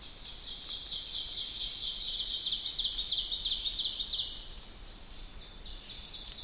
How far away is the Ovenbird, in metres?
about 50 m